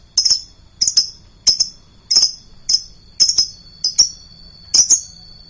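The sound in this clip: Lovebird high shrill chirps, each a quick double or triple note, repeated about every half to one second.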